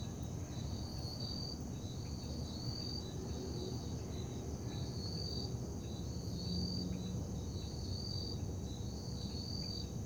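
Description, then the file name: Crickets give rhythmic high pulsing trills over a steady high whine, with a strong low rumble throughout. Night ambience in Parque da Liberdade. "Ambiencia parque da liberdade a noite com grilos, morcegos, moto longe e sapos"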